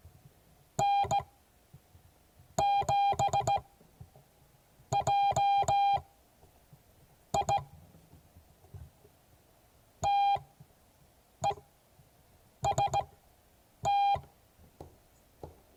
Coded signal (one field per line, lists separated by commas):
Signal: Morse code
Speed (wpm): 17 wpm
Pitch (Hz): 800 Hz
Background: none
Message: N7JI TEST